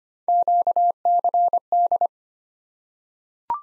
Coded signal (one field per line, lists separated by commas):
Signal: Morse code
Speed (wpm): 25 wpm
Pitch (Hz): 700 Hz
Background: none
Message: QCD